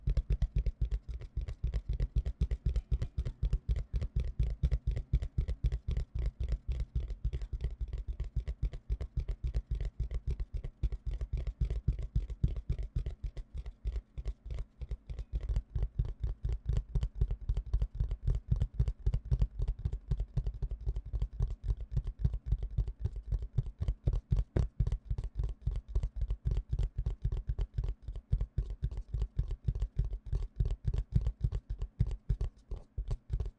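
Fingers tap rapidly on cardboard cups in a dense, nearly unbroken stream of dry, hollow knocks for the whole clip. The taps come fast and fairly even, with a soft thudding low end beneath the sharper clicks, and brief spells that grow slightly louder.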